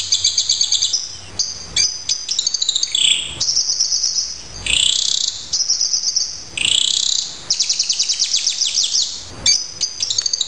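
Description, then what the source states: Horsfield's bush lark song: a loud, continuous high-pitched medley of fast trills, rattling chatters and sweeping slurred notes, with little pause throughout. Song used as a master for training other birds.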